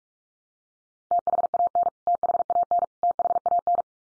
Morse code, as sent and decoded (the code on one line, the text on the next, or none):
- .... .- -. / - .... .- -. / - .... .- -.
THAN THAN THAN